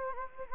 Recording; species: mosquito wingbeat signal from an infrared sensor; Anopheles gambiae